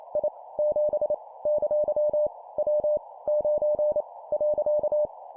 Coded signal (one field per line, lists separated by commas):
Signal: Morse code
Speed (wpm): 28 wpm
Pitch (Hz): 600 Hz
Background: none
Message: I 7 ! W 9 .